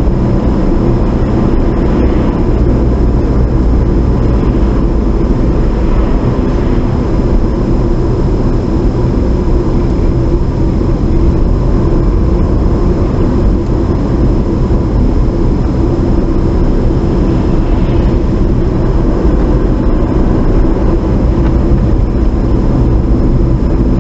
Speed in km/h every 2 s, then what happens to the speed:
47, 44, 40, 37, 34, 35, 37, 37, 37, 42, 44, 42.
0-8 slows to 34. 8-16 steady at about 37. 16-19 speeds up to 44.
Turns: none.